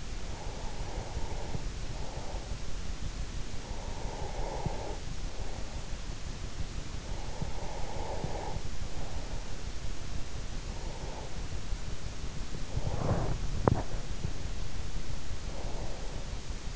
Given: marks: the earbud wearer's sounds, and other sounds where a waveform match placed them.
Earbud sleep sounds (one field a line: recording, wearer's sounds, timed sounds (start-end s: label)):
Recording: sounds in sleep by an in-ear microphone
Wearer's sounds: breath, teeth grinding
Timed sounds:
0.34-2.75 s: breath
3.40-6.13 s: breath
6.83-9.63 s: breath
10.60-11.51 s: breath
12.62-14.44 s: breath
13.33-14.18 s: teeth grinding
15.28-16.32 s: breath